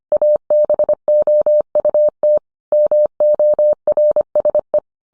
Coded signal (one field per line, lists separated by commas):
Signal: Morse code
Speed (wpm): 25 wpm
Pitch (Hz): 600 Hz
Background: none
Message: ABOUT MORSE